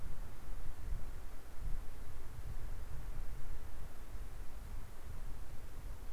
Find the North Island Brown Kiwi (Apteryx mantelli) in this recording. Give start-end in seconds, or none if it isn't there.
none